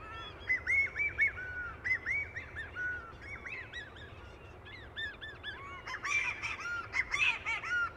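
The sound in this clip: Boyd's shearwater calls: rapid series of arched, wavering notes over steady background hiss.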